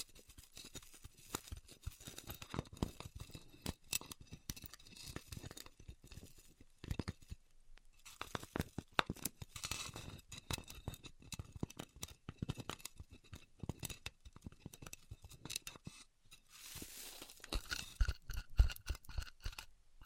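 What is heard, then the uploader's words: Styrofoam being cut with a heated tool, heard as dense, irregular crackling and squeaky scratching that runs almost continuously. Brief pauses fall near 7 and 16 seconds, and a brighter, harsher stretch of rubbing follows from about 17 seconds to the end. ASMR Styrofoam Heat Cutting (No Talking).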